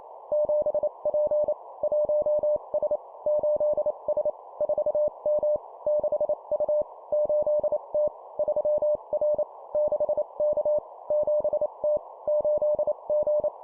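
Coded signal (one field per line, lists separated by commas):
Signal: Morse code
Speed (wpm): 28 wpm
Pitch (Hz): 600 Hz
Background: none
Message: 7P 1S 8S 4M 6U 8T 3R 6K 7T 8G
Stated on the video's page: Morse code practice at 25 WPM, two-letter words and numbers.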